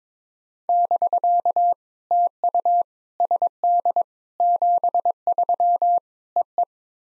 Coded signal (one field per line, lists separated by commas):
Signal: Morse code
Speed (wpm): 22 wpm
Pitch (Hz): 700 Hz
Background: none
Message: <BK> TU SD 73 EE